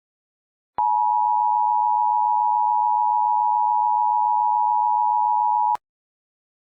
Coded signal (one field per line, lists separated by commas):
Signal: Emergency Alert System (SAME) tones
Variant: 853 and 960 Hz attention tone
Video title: EAS Scenario: Integrated